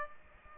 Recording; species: mosquito wingbeat signal from an infrared sensor; Aedes aegypti